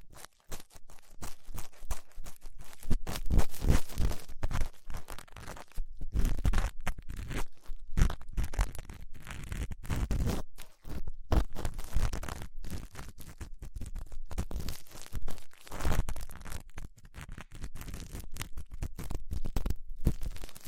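Ear cleaning with latex gloves, a dental pick and cotton swabs, heard as a dense, continuous run of crackly scratching and rubbing. Short bursts come rapidly and irregularly, with low thumps underneath, and there is a brief near-silent gap around eleven seconds.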